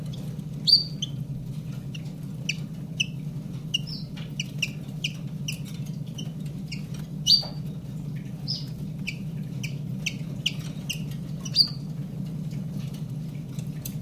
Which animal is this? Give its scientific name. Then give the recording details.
Phylloscopus collybita. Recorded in captivity. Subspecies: collybita. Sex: male. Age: adult. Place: Zoologisches Institut Universität Tübingen, Baden-Württemberg, DE. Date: 1965-01-22. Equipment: Nagra III PH, Parabolspiegel, LGS26. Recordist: Schneider, Hans-Joachim. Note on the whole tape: Auch Aufnahmen vom 23. Januar um 8:30 Uhr und vom 3. Februar. "it"-Laute ["jüg"-Rufe] von Männchen blau/grün - blau/rot. Schnelle Reihung von Männchen blau/grün - grün. Weitere Informationen als Ansagen auf dem Band. MaAs: M.Sch